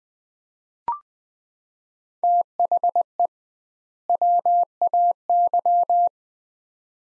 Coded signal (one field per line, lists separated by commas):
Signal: Morse code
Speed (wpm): 20 wpm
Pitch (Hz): 700 Hz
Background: none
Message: THE WAY